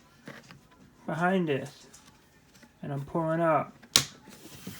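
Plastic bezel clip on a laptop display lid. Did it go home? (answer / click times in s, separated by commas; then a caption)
released / 4.0 s. Someone talks while a fingernail is worked behind the plastic screen bezel of a laptop display lid and pulled up. At 4.0 s a plastic retaining clip on the bezel pops loose with a single sharp snap, and the clip is released.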